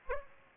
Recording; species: mosquito wingbeat signal from an infrared sensor; Aedes aegypti